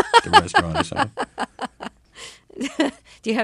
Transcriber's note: soundbite of laughter